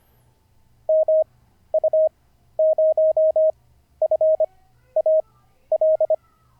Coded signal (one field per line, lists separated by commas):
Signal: Morse code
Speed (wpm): 25 wpm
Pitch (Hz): 630 Hz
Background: none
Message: MU0FAL